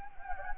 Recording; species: mosquito wingbeat signal from an infrared sensor; Anopheles gambiae